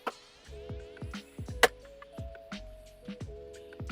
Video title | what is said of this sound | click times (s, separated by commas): Finally! CarPlay in a Tesla Model 3/Y - Hansshow F68 CarPlay Dashboard Touch Screen! | can hear them popping | 1.6 s